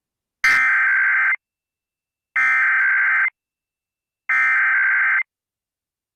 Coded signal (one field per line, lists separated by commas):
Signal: Emergency Alert System (SAME) tones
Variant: header bursts